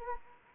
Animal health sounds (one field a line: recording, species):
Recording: mosquito wingbeat signal from an infrared sensor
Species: Anopheles arabiensis